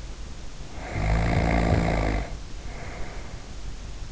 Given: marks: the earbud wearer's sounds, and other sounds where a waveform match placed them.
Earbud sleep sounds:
sounds in sleep by an in-ear microphone; snoring breath
0.55-3.64 s: snoring breath

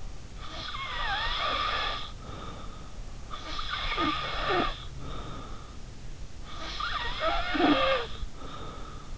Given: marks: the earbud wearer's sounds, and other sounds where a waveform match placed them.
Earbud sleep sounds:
sounds in sleep by an in-ear microphone; snoring breath
0.34-3.02 s: snoring breath
3.31-5.82 s: snoring breath
6.42-9.18 s: snoring breath

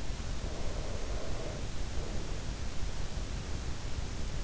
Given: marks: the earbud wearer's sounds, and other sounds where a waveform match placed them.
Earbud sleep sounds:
sounds in sleep by an in-ear microphone; breath
0.26-3.38 s: breath

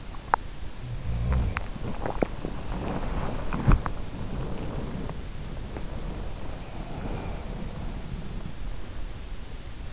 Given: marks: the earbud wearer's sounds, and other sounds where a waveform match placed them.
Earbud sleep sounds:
sounds in sleep by an in-ear microphone; teeth grinding, swallowing
0.00-0.64 s: teeth grinding
1.06-1.66 s: teeth grinding
1.84-2.53 s: swallowing
2.87-4.20 s: teeth grinding

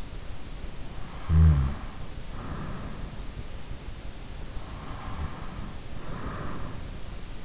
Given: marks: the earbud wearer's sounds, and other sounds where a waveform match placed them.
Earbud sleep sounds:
sounds in sleep by an in-ear microphone; snoring breath, breath
1.26-3.02 s: snoring breath
4.35-6.46 s: breath

